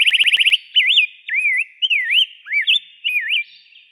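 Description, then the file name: Rose-breasted grosbeak song opening with a quick series of clipped repeated notes, then flowing into sweet, looping whistled phrases that rise and fall. "suara rb grpsbeak"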